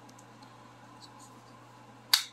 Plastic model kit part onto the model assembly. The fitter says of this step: let's put that on it's a very positive click on that part